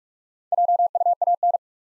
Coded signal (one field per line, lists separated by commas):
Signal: Morse code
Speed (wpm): 46 wpm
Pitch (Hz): 700 Hz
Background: none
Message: JUAN